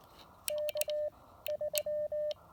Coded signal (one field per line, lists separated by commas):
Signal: Morse code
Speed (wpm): 18 wpm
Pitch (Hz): 600 Hz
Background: none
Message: K 3